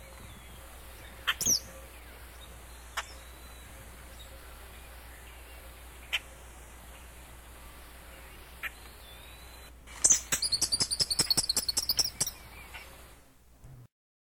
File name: Eastern Kingbird